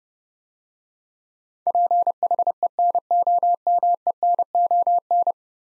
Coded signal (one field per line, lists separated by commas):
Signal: Morse code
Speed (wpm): 30 wpm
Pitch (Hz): 700 Hz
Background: none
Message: PHENOMENON